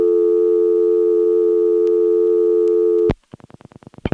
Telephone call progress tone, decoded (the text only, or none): dial tone